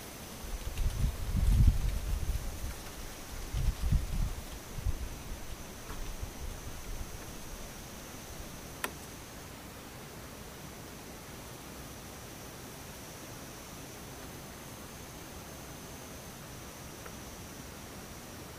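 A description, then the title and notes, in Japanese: Insects in the daytime: a thin, steady high buzz runs through the whole clip over a soft, even hiss. Low rumbling gusts come and go in the first five seconds, then fade, and a single sharp click sounds at about nine seconds. ムシ昼。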